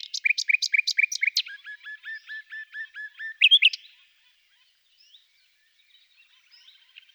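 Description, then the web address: Common nightingale song: a fast series of sharp repeated notes shifting into lower chopped notes, a brief loud flourish, then near silence with faint notes. "agykontroll CD 3-A természet hangjai - Fülemülék"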